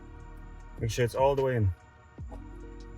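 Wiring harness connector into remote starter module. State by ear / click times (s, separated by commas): not seated / none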